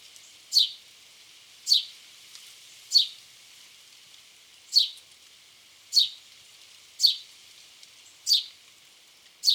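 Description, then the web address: House sparrow calls: eight crisp downward chirps, unevenly spaced, over soft steady background hiss. "SETE data Passer domesticus"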